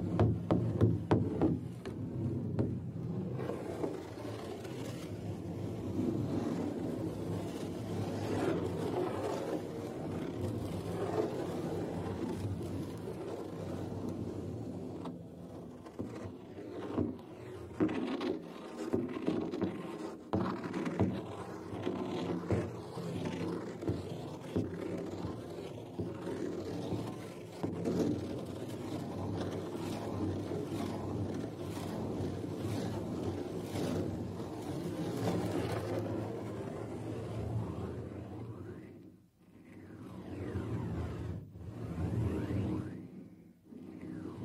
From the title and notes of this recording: TimASMR-Scratching, Rubbing, and Brushing on a Drum (NO TALKING).